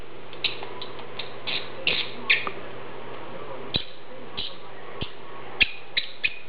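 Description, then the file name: Lovebird chirps: brief, shrill squeaks spaced irregularly, with a faint low hum underneath. "Prostaya fauna Golosa ptic - Nerazluchniki lat Agapornis"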